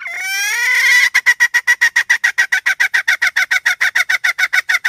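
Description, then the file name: Red junglefowl hen opens with a long rising nasal squawk, then breaks into a rapid, even series of clipped clucks. "tieng ga mai rung"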